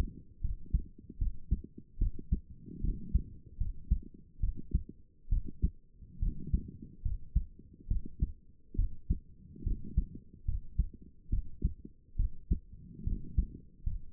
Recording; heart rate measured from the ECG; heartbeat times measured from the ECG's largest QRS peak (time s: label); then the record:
heart sounds by stethoscope; 72 bpm
0.41 s: heartbeat
1.18 s: heartbeat
1.98 s: heartbeat
2.81 s: heartbeat
3.57 s: heartbeat
4.40 s: heartbeat
5.29 s: heartbeat
6.19 s: heartbeat
7.02 s: heartbeat
7.88 s: heartbeat
8.75 s: heartbeat
9.63 s: heartbeat
10.45 s: heartbeat
11.30 s: heartbeat
12.16 s: heartbeat
13.04 s: heartbeat
13.83 s: heartbeat
From the record:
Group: healthy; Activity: rest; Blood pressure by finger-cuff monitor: 133/73 mmHg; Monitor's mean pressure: 93 mmHg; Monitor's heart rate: 72 bpm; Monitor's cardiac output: 6.9 L/min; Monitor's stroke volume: 96 mL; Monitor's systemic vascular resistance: 980 dyn s/cm5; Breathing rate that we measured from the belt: 18 breaths a minute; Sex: female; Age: 22 years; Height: 154 cm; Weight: 58.7 kg